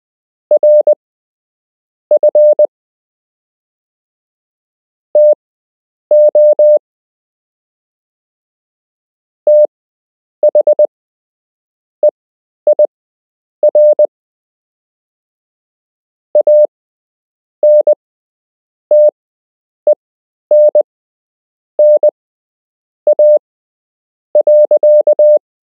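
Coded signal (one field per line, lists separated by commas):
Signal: Morse code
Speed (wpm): 20 wpm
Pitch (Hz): 600 Hz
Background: none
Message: RF TO THEIR ANTENNA.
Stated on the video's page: Beginner Morse code lesson with real Morse to learn, part 6 of 8.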